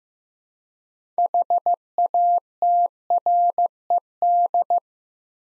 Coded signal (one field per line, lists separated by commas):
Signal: Morse code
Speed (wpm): 15 wpm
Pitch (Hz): 700 Hz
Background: none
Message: HATRED